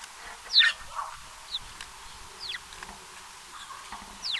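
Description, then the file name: House sparrow calls: one loud chirp early on, followed by a few fainter, down-slurred chirps spaced irregularly over soft background hiss. "Passer domesticus"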